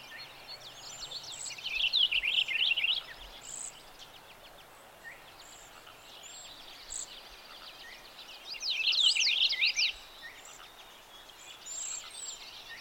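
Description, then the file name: Purple finch giving two quick warbled phrases of jumbled high notes, several seconds apart, with thin high chips from another bird and steady background hiss. Recorded on 28 June 2020. "PUFI 6 28 20 NWWSvalley"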